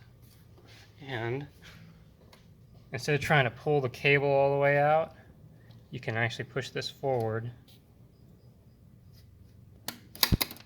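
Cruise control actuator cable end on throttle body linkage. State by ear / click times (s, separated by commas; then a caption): seated / 10.2 s. Someone talks while the cruise control actuator cable end is pushed forward onto the throttle body linkage of a 1997–2001 Jeep Cherokee, rather than pulling the cable all the way out. A burst of sharp clicks near the end includes the loudest snap at 10.2 s, as the cable end seats firmly on the linkage.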